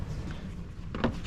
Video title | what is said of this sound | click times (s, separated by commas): I Installed Morimoto Xrgb Headlights On Matts 2021 Ford Bronco! | slide it on until it clicks set | 0.9 s, 1.0 s